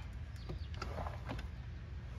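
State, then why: Not seated. A plastic kick panel is handled against the footwell trim of a 2013-2016 Fusion after the amp wiring has been routed, with faint plastic taps and rubs around 0.7–0.8 s and 1.3–1.4 s over a low rumble. Nothing has seated or clicked yet; the panel is not yet home.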